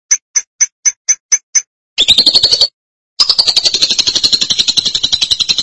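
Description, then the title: Lovebird starting with seven evenly spaced sharp high ticks, then a dense, rapid buzzing chatter with a high shrill tone running through it, broken by a short pause. "BM Suara Burung Lovebird"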